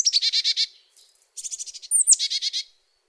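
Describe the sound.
Carolina chickadee calls: several bursts of rapid buzzy dee notes, the last opened by a thin high whistled note.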